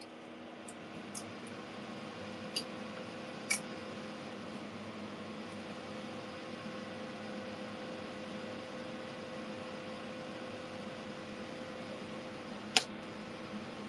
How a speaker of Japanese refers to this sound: 換気扇つけるからうるさいかも。